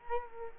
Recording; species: mosquito wingbeat signal from an infrared sensor; Culex quinquefasciatus